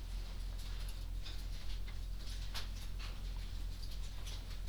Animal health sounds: poultry house recording; no chicken sound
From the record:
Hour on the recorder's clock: 20

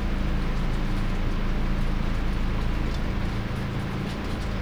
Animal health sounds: poultry house recording; no chicken sound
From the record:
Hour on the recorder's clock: 21

